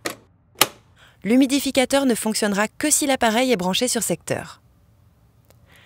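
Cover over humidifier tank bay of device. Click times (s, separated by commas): 0.6 s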